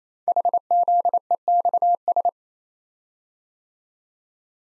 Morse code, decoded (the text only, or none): HZEXS